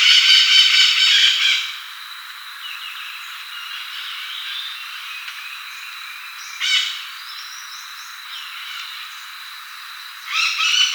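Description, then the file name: Bird making a grating, rattling call at the start, then a brief harsh burst near the middle and another at the end, thin high notes between, steady whine throughout. "SABIOD 50 bird 2015"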